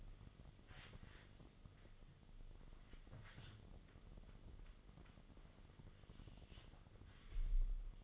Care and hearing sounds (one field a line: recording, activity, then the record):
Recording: daily activity, microphone in the room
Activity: wipe stove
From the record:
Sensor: 4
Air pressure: 1005.7 hPa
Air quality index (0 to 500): 106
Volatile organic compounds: 3 ppm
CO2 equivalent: 1319 ppm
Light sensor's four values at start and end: 12/28/11/10 and 12/28/11/10